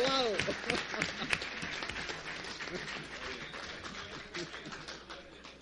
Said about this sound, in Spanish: Aprobado con aplauso y unanimidad.